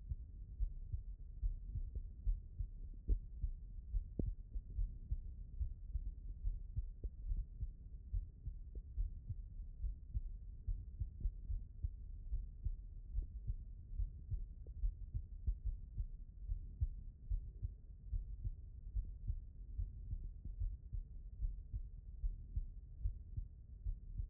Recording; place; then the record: heart sounds by stethoscope; aortic valve (AV)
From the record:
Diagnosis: non-HFrEF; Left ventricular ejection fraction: 61%